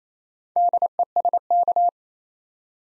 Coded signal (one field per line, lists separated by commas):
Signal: Morse code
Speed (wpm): 27 wpm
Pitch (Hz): 700 Hz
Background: none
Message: DESK